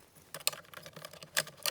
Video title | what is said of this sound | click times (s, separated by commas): Watch Me Easily Install a Hidden Dash Cam in My Porsche! | then install the passenger side of the Mango 4K camera, snapping it into place. | 0.5 s